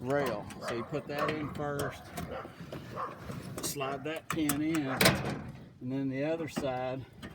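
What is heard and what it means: Someone talks while installing a Peragon tonneau cover, sliding the driver's-side mount pin into the truck bed rail, which the bed liner makes harder to fit. Handling sounds come through under the talking as the other side of the mount is about to be pressed in, but nothing has seated or clicked yet.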